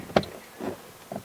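A plastic engine underside shroud is pushed up into the body mounts on a Volvo XC90. One side snaps home with a sharp click at 0.2 s, followed later by quieter plastic knocks around 1.1–1.3 s. Only that first side is seated; the other side has not clicked in yet.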